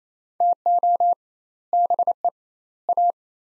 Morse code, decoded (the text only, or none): TO BE A